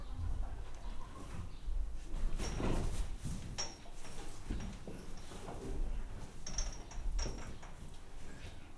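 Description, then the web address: Horse moving about, giving low thumps and rough scraping rustles in irregular bursts, with small sharp clicks and knocks mixed in. Tied-up horse stirring in a stable on a farmyard; its mate peeks in to it. "allathangok parasztudvar lo istallobabekotottloneszezese aparjabekukkanthozza"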